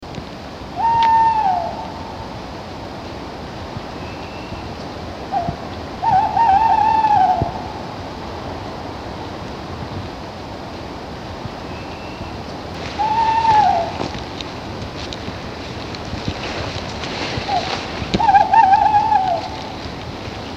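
A tawny owl calls repeatedly, its wavering, quavering hoots coming at about 1, 6, 13 and 18 seconds, each lasting a second or two and sliding slightly downward. A steady low rush, like surf or traffic, fills the background throughout.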